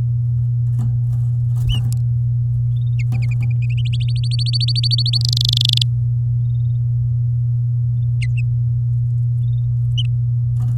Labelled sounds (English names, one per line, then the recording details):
Domestic Canary song
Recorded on 10 May 2018 at 07:43
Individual llb16